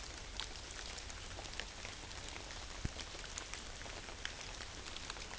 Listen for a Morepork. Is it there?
no